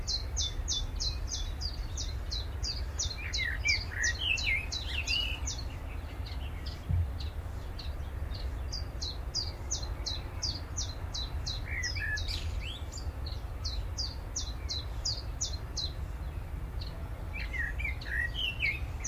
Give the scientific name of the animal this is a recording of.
Phylloscopus trochilus